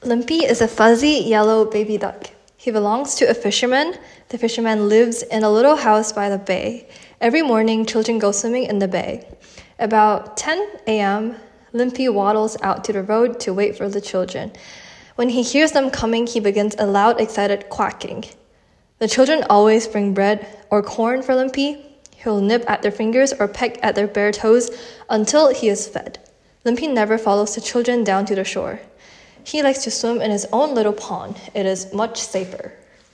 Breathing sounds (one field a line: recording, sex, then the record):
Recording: reading aloud after running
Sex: female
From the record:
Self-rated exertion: moderate exertion (3 of 6)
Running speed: 6 miles an hour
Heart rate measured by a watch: 114 beats a minute at the start, 110 at the end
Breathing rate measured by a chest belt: 16 breaths a minute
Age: 18 years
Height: 167 cm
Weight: 50 kg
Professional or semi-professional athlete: no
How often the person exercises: 1 to 2 times a week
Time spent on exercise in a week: 1 to 2 hours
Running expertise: no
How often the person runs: 1 to 2 times a week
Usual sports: running, walking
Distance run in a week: 1 to 2 km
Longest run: 6 km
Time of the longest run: 34 minutes